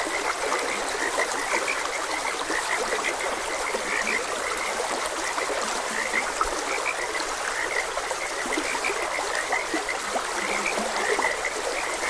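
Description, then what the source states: Irregular frog chirps recur throughout, joined by a few deeper croaks, beneath a continuous trickle of running water. Frogs croaking beside a gentle stream.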